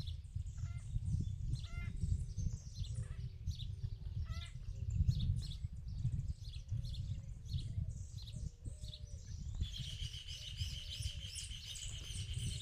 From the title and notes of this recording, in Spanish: Pajaritos en el campo. Lo puse a grabar en el campo, se escucha hasta el viento...